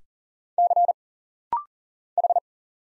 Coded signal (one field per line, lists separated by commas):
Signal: Morse code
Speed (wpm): 40 wpm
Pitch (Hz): 700 Hz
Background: none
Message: C H